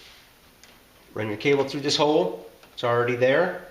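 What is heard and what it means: On a 1997–2001 Jeep Cherokee XJ getting factory cruise control, the cruise control cable is routed through a hole toward its clip holder on the valve cover while someone talks. A faint tick is heard at about 0.6 s, but nothing has seated or clicked yet.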